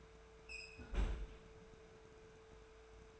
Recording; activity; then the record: daily activity, microphone in the room; close fridge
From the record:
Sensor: 2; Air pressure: 1014.7 hPa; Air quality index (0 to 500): 189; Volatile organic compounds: 15 ppm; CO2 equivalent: 2500 ppm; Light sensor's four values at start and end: 11/27/11/12 and 12/30/12/13